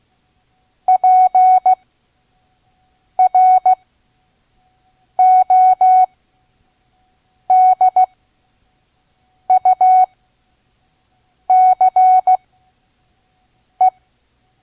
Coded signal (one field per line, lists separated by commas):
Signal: Morse code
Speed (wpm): 16 wpm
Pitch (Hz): 740 Hz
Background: none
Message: PRODUCE